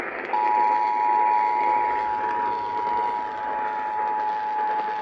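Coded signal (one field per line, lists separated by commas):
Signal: Emergency Alert System (SAME) tones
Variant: 853 and 960 Hz attention tone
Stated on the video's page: Forwarded severe alert heard on AM broadcast stations WBAP and KLIF.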